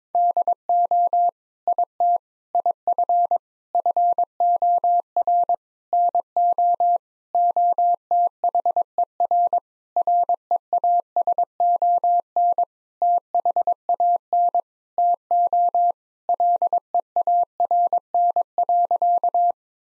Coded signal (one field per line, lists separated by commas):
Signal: Morse code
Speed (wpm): 21 wpm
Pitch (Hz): 700 Hz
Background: none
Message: DO IT IF FOR NO OTHER REASON THAN TO LEARN.